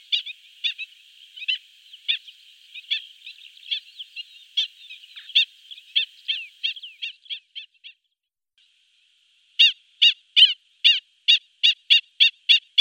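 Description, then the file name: Black-winged stilt giving irregular yelping calls, then after a short pause a rapid, steady run of loud, sharp kek notes. "ciguenuela comun"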